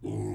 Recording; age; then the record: pig call; weaner (32 to 43 days)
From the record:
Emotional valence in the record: positive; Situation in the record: positive conditioning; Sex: female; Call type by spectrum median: low-frequency call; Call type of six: low-frequency stable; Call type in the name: low-frequency stable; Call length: 0.35 s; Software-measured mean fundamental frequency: 51 Hz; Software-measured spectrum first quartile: 120 Hz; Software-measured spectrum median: 260 Hz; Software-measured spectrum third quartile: 414 Hz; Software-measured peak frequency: 341 Hz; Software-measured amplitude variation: 125 dB a second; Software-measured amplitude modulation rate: 32.9 a second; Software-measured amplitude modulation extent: 3.8 dB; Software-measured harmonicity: 0.7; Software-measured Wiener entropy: -0.21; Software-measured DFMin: 836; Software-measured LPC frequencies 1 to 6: 329, 757, 2059, 3295, 4556, 6867 Hz